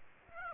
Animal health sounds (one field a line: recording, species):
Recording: mosquito wingbeat signal from an infrared sensor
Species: Aedes aegypti